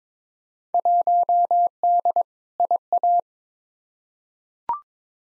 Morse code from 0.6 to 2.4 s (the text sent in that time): 1D